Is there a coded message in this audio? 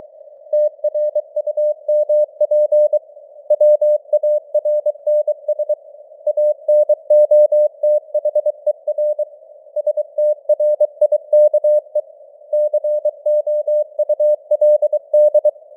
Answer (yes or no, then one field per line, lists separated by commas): yes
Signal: Morse code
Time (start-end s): 0.5-15.5 s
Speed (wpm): 23 wpm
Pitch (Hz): 600 Hz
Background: none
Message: TRUMP WARNS ANOTHER STRIKE COULD